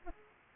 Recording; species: mosquito wingbeat signal from an infrared sensor; Aedes aegypti